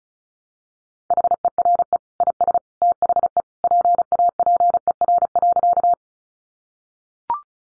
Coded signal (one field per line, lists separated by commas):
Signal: Morse code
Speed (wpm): 34 wpm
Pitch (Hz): 700 Hz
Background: none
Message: HERE IS THE PAPER.